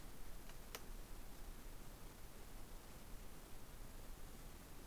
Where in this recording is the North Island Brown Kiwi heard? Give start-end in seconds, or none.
none